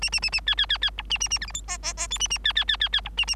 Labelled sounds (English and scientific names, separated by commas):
Bengalese Finch (Lonchura striata domestica) song